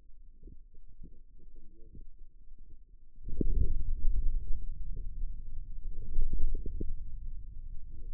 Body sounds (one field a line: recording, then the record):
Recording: forearm muscle sounds (acoustic myography)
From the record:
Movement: wrist flexion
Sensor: system 2, bracelet of six BSWA MPA416 microphones around the upper forearm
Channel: 6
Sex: male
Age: 22 years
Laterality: right